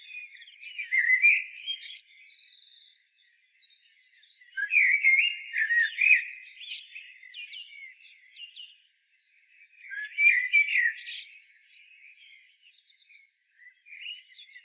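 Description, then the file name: Common blackbird song, three phrases of low rich whistles each climbing into high scratchy twitters, with brief silences between them. "Turdus merula"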